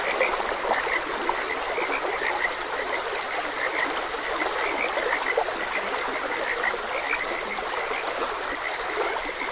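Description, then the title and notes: Frogs producing a steady chorus of short bright croaks, densely overlapping, with a rushing stream filling the background. Frogs croaking beside a gentle stream. "Frogs Croaking. Sleep and Relaxation Podcast"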